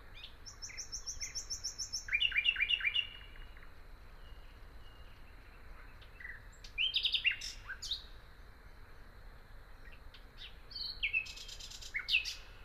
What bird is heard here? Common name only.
Common Nightingale